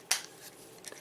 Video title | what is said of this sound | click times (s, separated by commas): Transformers Titans Return Deluxe Highbrow | it's a little bit of a pain let's lock into place | 0.1 s